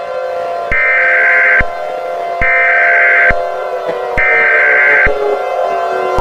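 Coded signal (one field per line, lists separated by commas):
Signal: Emergency Alert System (SAME) tones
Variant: header bursts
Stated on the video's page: Fictional Emergency Alert System scenario themed on Five Nights at Sonic's, not a real alert.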